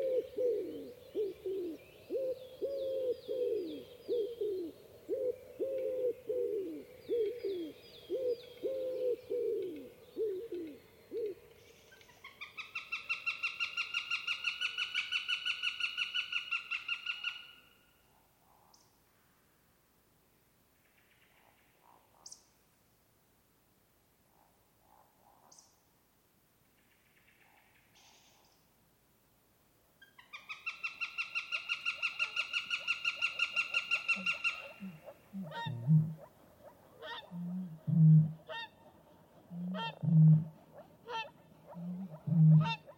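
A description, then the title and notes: A wild northern soundscape of calling creatures: a low, fast pulsing call fills the first ten seconds, then two bursts of bright, rapid buzzy trilling are separated by a near-silent stretch. Near the end, deep owl-like hoots repeat every couple of seconds. Nordic Nature sfx library demo. Nordic Nature is a collection of evocative and immersive ambiences recorded by George Vlad and Pete Smith over a three-year period across the wilderness of Sweden and Norway.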